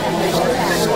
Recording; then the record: background sound without coughing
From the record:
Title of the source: Nightlife Party Simulating Party Club Noise 1 Hour